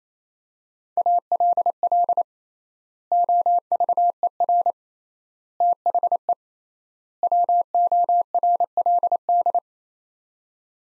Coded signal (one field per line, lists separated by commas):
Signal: Morse code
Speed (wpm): 28 wpm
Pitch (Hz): 700 Hz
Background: none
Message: ALL OVER THE WORLD